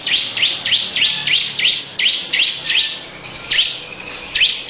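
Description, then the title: Lovebird song: fast run of shrill rising chirps, with faint background hiss. Long "ngekek" song. "Audio Lovebird Ngekek Panjang Ciblek"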